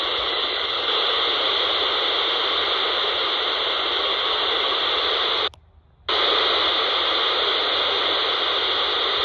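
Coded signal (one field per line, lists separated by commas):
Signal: modem data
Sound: steady dense data hiss across the voice band, one half-second dropout midway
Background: radio static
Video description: apparently these are data link signals out of France. They are radio control systems for controlling traffic signals (traffic lights).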